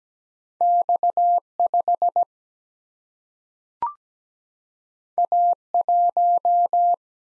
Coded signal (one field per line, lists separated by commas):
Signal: Morse code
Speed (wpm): 17 wpm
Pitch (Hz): 700 Hz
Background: none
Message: X 5 A 1